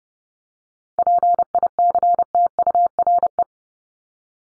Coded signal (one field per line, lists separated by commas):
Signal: Morse code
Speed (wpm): 30 wpm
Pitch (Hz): 700 Hz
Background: none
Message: PICTURE